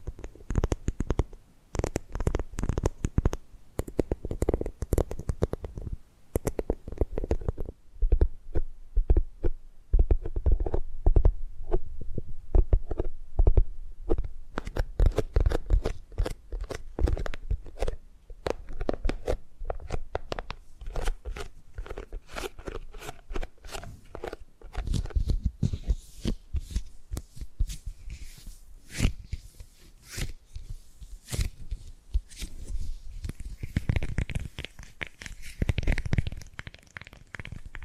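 Tapping and gripping sounds run through the whole stretch: dense, uneven clicks and knocks, some sharp and bright, others dull and low. Pace shifts constantly, with busy flurries around the start and after 25 seconds, and a faint rubbing texture underneath.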